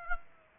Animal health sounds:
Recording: mosquito wingbeat signal from an infrared sensor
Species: Aedes aegypti

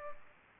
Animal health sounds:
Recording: mosquito wingbeat signal from an infrared sensor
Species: Aedes aegypti

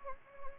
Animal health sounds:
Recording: mosquito wingbeat signal from an infrared sensor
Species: Anopheles gambiae

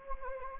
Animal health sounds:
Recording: mosquito wingbeat signal from an infrared sensor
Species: Anopheles gambiae

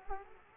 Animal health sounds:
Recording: mosquito wingbeat signal from an infrared sensor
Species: Aedes aegypti

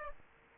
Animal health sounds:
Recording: mosquito wingbeat signal from an infrared sensor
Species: Aedes aegypti

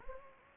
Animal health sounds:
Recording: mosquito wingbeat signal from an infrared sensor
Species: Anopheles gambiae

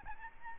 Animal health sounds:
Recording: mosquito wingbeat signal from an infrared sensor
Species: Aedes albopictus

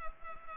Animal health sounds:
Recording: mosquito wingbeat signal from an infrared sensor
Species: Culex pipiens

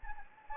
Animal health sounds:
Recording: mosquito wingbeat signal from an infrared sensor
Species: Anopheles gambiae

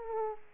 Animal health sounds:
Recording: mosquito wingbeat signal from an infrared sensor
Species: Aedes aegypti

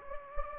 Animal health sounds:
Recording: mosquito wingbeat signal from an infrared sensor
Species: Anopheles gambiae

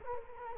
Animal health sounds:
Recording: mosquito wingbeat signal from an infrared sensor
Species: Culex quinquefasciatus

